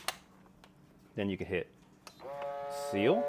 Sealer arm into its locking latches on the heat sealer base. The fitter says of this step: and you'll hear a click on both sides.